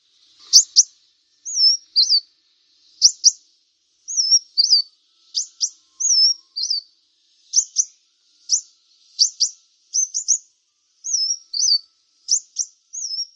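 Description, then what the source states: Brown-throated Sunbird giving a steady series of double sharp ticks mixed with short, high, wavering whistles. Vigorously singing bird (described as 'gacor'), called 'kolibri kelapa'.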